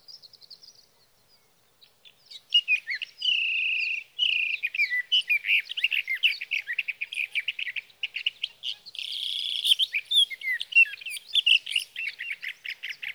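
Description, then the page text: Sage thrasher song: a few faint high notes, then a long unbroken warbling stream of varied chirps, trills and sustained whistles. Male singing through the night near his night roost, Sierra Valley, California, three nights from evening June 12 to morning June 15, 2018; Swift recorder. "61. Sage thrasher songs, through the night."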